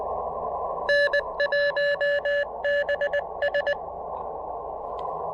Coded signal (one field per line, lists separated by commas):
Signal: Morse code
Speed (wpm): 19 wpm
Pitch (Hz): 590 Hz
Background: radio noise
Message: N1BS